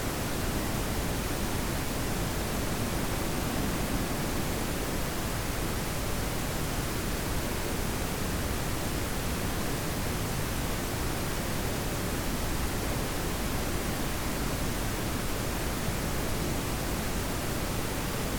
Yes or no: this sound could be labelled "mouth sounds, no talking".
no